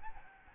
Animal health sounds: mosquito wingbeat signal from an infrared sensor; Aedes albopictus

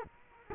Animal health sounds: mosquito wingbeat signal from an infrared sensor; Culex quinquefasciatus

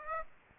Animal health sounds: mosquito wingbeat signal from an infrared sensor; Aedes aegypti

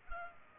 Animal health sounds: mosquito wingbeat signal from an infrared sensor; Culex pipiens

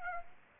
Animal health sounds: mosquito wingbeat signal from an infrared sensor; Aedes aegypti

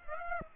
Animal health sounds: mosquito wingbeat signal from an infrared sensor; Aedes aegypti

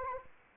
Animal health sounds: mosquito wingbeat signal from an infrared sensor; Anopheles arabiensis

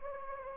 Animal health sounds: mosquito wingbeat signal from an infrared sensor; Anopheles gambiae

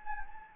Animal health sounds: mosquito wingbeat signal from an infrared sensor; Anopheles gambiae

